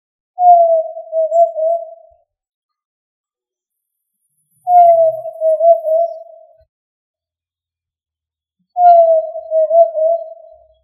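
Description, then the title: Tinamou giving long, slightly falling, tremulous whistles, each nearly two seconds long, three in total, repeated about every four seconds, with silence between. "Familia Tinamidae - Quail - Puyuh"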